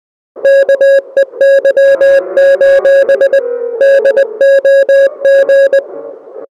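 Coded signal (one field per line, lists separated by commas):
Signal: Morse code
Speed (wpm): 20 wpm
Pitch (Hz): 550 Hz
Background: music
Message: KEY: DOG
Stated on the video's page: Morse code in the Unity game No Players Online, part of its puzzle/ARG.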